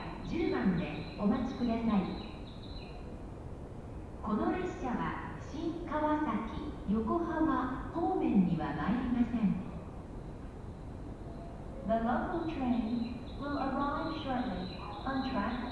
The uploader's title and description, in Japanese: 鉄道旅。武蔵小杉からは相鉄直通線で羽沢横浜国大を通りながら二俣川まで移動し、特急に乗り換えて大和へと向かいます。